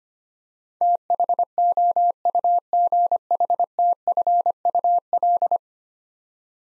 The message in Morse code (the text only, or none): THOUGHTFUL